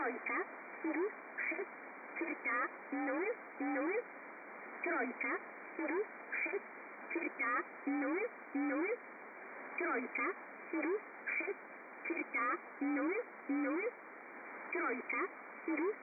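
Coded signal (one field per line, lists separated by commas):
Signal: numbers station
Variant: S11a, female voice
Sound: female voice reading short numbers in a steady rhythm, each word evenly spaced, muffled radio audio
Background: radio static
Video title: Cherta S11a Number Station Female 4.016khz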